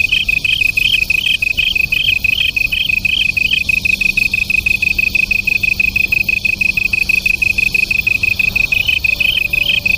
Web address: sikioto insect kantanduet